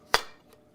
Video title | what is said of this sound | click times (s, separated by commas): Aqueon 48" LED Modular Light: Unboxing / setup | and this should just snap | 0.1 s